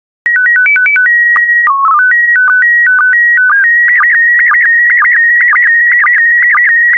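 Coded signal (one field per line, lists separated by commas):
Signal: SSTV (slow-scan television)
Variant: PD 120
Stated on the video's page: PD120 SSTV images generated as daily decoding practice.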